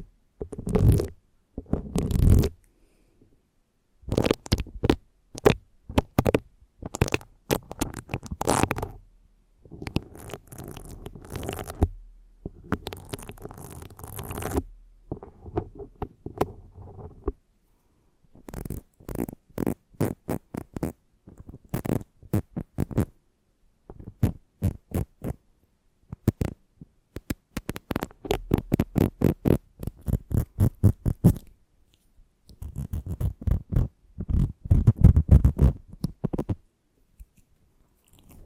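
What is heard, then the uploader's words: Intense scratching on a microphone, in rapid bursts of rasping strokes that run the whole way through. Gritty, full-range scrapes alternate with duller, thumpy rubbing, broken by brief silences. A heavier cluster of scrapes comes near the end. ASMR Intense Mic Scratching - Extremely Tingly (No Talking).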